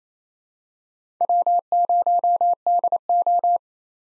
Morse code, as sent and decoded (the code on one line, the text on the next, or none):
.-- ----- -.. ---
W0DO